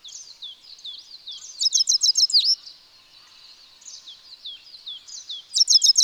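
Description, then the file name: European goldfinch calls: soft liquid twitters broken by two loud bursts of quick, ringing, repeated chirps. "Carduelis carduelis"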